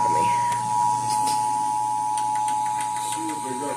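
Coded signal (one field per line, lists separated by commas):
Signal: Emergency Alert System (SAME) tones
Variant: 853 and 960 Hz attention tone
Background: speech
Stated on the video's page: Severe thunderstorm watch alert heard on an FM station.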